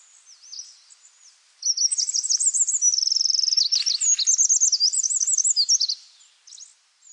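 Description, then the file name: Eurasian wren song, a loud rapid burst of very high, sharp notes lasting about four seconds, with a fast rattling trill in the middle, and soft notes before and after. "Troglodytes troglodytes"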